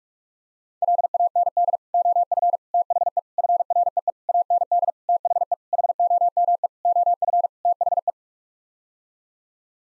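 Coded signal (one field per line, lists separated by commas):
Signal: Morse code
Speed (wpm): 46 wpm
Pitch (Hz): 700 Hz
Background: none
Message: LAND OF THE FREE AND THE HOME OF THE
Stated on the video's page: Head-copy practice of nine-word sets sent at 45 wpm, each set sent in Morse code, then spoken, then sent again.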